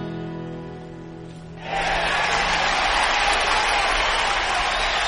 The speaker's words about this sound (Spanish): ¡Efectos especiales! ¡Cuántos aplausos! ¡Qué cantidad de gente!